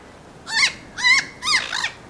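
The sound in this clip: Bird calls: four harsh, nasal, arched notes in quick succession, the last two nearly joined.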